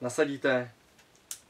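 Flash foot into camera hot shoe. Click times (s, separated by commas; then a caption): 1.3 s. Someone talks as a Canon 580EX II speedlite's foot is slid onto a camera's hot shoe and its locking lever is flipped. The safety lock catches with one sharp click at 1.3 s, and the flash is seated and locked in the hot shoe.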